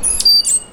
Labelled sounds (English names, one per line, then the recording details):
Stitchbird song
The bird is a male
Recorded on Tiritiri Matangi Island, New Zealand, in 2005
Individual 1, of nest box 1